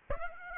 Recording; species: mosquito wingbeat signal from an infrared sensor; Aedes aegypti